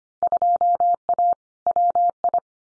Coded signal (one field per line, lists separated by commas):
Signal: Morse code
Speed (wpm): 25 wpm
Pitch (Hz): 700 Hz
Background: none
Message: 2A WI